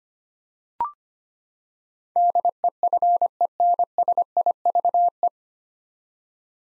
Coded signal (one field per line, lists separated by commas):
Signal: Morse code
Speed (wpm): 25 wpm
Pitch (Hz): 700 Hz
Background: none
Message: DEFENSIVE